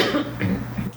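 Short, rough throat-clearing bursts with a brief cough-like sound from an adult woman clearing mucus from her throat.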